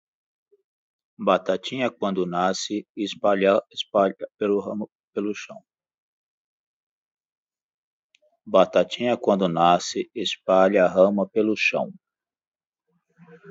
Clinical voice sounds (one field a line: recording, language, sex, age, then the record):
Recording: short text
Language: Brazilian Portuguese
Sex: male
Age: 60 to 69 years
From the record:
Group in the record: control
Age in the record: 65 years